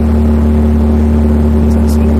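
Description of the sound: A steady, unbroken low-pitched drone, like an engine or electrical hum, with a few fainter steady tones above it and no change over two seconds. It is a simulated low, humming type of tinnitus, played through an amplifier as a demonstration.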